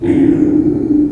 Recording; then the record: squeal of a Yucatan mini pig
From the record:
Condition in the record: before surgery on the right vocal fold (resection and tissue-engineered implant); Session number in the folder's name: 2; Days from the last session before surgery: -15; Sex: female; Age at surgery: 19 weeks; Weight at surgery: 25 kg